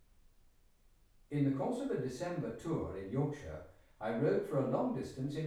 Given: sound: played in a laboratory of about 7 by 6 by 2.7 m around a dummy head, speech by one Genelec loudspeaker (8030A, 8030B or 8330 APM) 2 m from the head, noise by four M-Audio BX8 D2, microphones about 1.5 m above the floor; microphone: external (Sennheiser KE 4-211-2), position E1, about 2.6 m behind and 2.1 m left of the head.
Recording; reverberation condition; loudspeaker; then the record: male speech in English; medium; 150 degrees to the right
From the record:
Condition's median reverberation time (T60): about 510 ms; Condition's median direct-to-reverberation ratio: about -0.5 dB